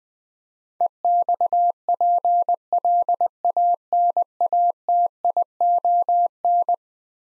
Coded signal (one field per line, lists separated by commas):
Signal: Morse code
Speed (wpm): 20 wpm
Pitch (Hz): 700 Hz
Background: none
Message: EXPLANATION